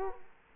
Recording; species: mosquito wingbeat signal from an infrared sensor; Culex quinquefasciatus